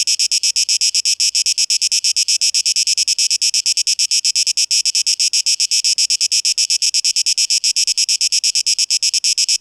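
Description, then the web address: Cicada song: a shrill, rasping drone broken into quick, regular pulses, steady and unchanging. Recorded 12 August 2023. "rauschpartikel 2023-08-12 Zikaden"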